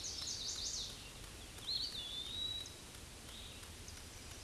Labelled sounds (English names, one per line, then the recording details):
Eastern Wood-Pewee song
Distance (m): 30 m
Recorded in a Pennsylvania forest on 18 May 2023 at 06:51
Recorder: AudioMoth, point grid1_14_low
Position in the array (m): 76 m, 123 m